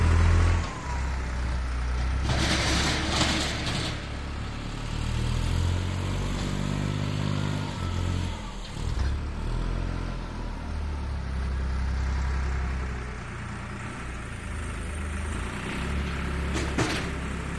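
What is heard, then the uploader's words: A tractor works at clearing snow, its engine a steady low rumble that rises and falls in pitch through the clip. Bursts of scraping from the blade come around two to four seconds and again near seventeen seconds, with softer grinding between. Snow Clearing by Tractor Blade. The episode begins with the distant, muffled hum of a tractor as it engages with the freshly fallen snow. The blade, cold and metallic, interacts with the snow in a rhythmic and soothing pattern. As the tractor moves, the listener can hear the granular texture of snow being compressed and shifted.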